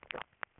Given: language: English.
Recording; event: throat vibration sensor signal played as sound; swallow